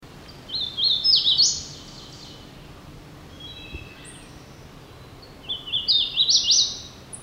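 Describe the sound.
Hooded warbler giving two songs of rising slurred phrases, separated by a quiet gap with a few faint high notes.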